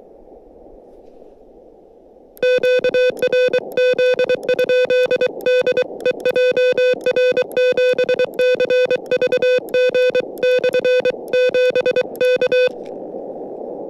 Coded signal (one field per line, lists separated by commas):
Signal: Morse code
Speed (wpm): 23 wpm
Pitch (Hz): 500 Hz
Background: music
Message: QRZ? DE JR7CVG/7 K